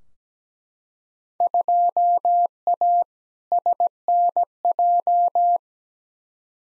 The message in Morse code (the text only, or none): 2A SNJ